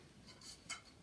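After the release button is pressed, a metal tube slides into a tripod crossbar socket, giving a faint scraping hiss around 0.5 s and a brighter metallic tick at about 0.7 s. The clip ends just before the tube goes home, so nothing has seated or locked yet.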